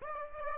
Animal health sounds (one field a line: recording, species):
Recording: mosquito wingbeat signal from an infrared sensor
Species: Aedes aegypti